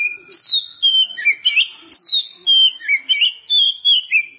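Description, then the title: Oriental magpie-robin song, a run of sweet whistled phrases, many sliding downward in pitch. "Kacer"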